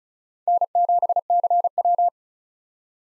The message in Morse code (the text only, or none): N7CW